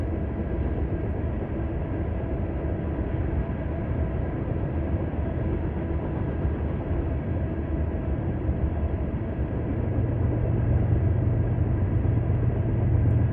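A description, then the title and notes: A distant freight train rumbles steadily, a dense low roar with nothing above the midrange, growing slightly louder and heavier after ten seconds. Freight train - distant - Columbia Hills State Park - ORTF. A long freight train recorded in Columbia Hills State Park, Washington, right on the Columbia Gorge. This was recorded at a distance of close to 1/4 mile, somewhere around midnight from my tent on a camping trip earlier this year. ORTF: Røde nt5 pair recorder: SD702.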